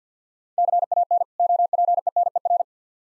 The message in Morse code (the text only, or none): CAN OPENER